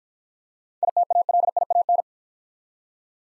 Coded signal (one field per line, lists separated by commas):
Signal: Morse code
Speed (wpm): 50 wpm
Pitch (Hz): 700 Hz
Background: none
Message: ITALIAN